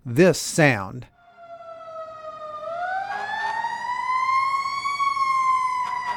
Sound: SOUND – ~ 7 sec - fire engine siren and horn